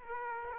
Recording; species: mosquito wingbeat signal from an infrared sensor; Aedes aegypti